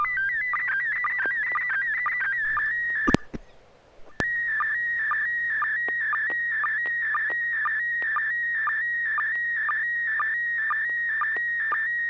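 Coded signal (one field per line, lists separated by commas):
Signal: SSTV (slow-scan television)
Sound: warbling tone sweeping up and down, steady rhythmic ticks, one short interruption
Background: low hum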